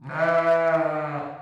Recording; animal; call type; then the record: contact call of a hoofed animal; sheep; low-frequency (closed-mouth) or high-frequency (open-mouth) call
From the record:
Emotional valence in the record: positive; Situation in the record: reunion with pen mate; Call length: 1.42 s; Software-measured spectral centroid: 1370 Hz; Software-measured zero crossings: 1540 a second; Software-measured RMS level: -23 dBFS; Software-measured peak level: -12 dBFS